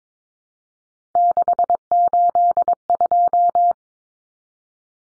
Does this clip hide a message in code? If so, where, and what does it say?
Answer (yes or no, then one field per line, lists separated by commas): yes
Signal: Morse code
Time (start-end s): 1.2-3.7 s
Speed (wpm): 22 wpm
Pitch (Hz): 700 Hz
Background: none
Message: 682